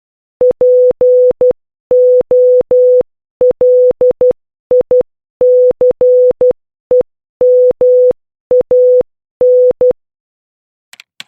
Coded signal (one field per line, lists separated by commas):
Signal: Morse code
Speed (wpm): 12 wpm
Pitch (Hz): 500 Hz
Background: none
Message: POLICEMAN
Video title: Morse Code Practice Workbook - Letters a-p (6)